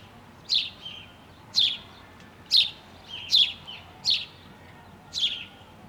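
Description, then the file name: House sparrow chirping, six bright, sharp chirps spaced roughly a second apart, each with a short trailing note. "Passer domesticus"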